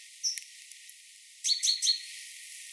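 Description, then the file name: Great tit calling: a thin, high note, then a quick series of three sharp, high chips about a fifth of a second apart. "Parus major"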